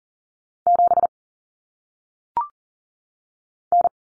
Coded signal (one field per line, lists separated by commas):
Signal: Morse code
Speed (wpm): 40 wpm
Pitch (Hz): 700 Hz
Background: none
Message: 7 N